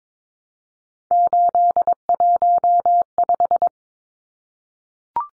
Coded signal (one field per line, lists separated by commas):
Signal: Morse code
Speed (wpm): 22 wpm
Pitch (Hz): 700 Hz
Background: none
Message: 815